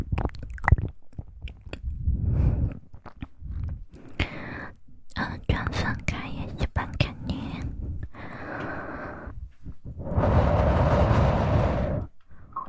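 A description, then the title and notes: Mouth sounds: irregular wet clicks and chewing-like smacks, with bursts of breathy rustle around two, eight and a longer one near eleven seconds. Mouth sounds.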